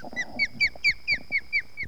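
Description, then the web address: Osprey calling: a quick series of about eight clear, down-slurred whistled chirps, roughly four per second, with faint low rustling beneath. "Mitchell Lake. Osprey"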